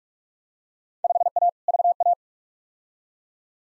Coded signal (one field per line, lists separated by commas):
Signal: Morse code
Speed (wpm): 46 wpm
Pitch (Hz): 700 Hz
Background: none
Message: 5A VA